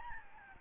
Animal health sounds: mosquito wingbeat signal from an infrared sensor; Aedes albopictus

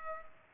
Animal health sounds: mosquito wingbeat signal from an infrared sensor; Culex pipiens

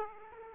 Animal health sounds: mosquito wingbeat signal from an infrared sensor; Aedes aegypti

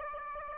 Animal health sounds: mosquito wingbeat signal from an infrared sensor; Aedes aegypti

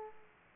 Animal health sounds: mosquito wingbeat signal from an infrared sensor; Aedes aegypti

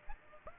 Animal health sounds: mosquito wingbeat signal from an infrared sensor; Aedes aegypti

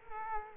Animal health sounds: mosquito wingbeat signal from an infrared sensor; Culex quinquefasciatus

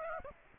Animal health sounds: mosquito wingbeat signal from an infrared sensor; Aedes aegypti

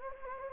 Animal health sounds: mosquito wingbeat signal from an infrared sensor; Anopheles gambiae

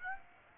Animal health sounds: mosquito wingbeat signal from an infrared sensor; Aedes aegypti

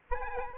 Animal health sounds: mosquito wingbeat signal from an infrared sensor; Aedes aegypti

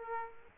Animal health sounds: mosquito wingbeat signal from an infrared sensor; Aedes aegypti

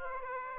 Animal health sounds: mosquito wingbeat signal from an infrared sensor; Aedes aegypti

